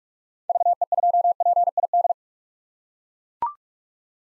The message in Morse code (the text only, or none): VE2PID